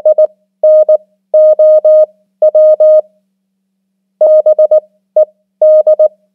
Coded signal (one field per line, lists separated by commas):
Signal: Morse code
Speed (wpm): 19 wpm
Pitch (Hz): 620 Hz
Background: none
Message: I NOW BED